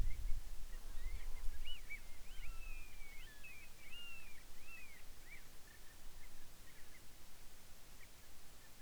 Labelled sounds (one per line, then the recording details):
bird
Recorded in the Arctic National Wildlife Refuge, Alaska, on 10 July 2019 at 18:06
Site 44